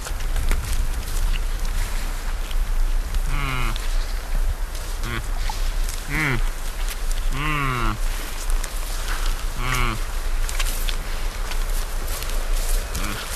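Red deer giving short, tonal, arching calls that rise then fall, several spread over thirteen seconds, above a steady rough background hiss.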